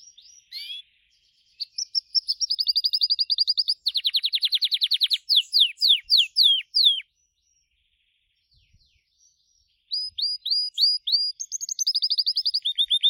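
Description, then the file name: Gloster canary song with rapid buzzy trills and swooping slurred notes, a silent gap of a few seconds, then renewed quick repeated chirps and a trill. "canto do canario gloster"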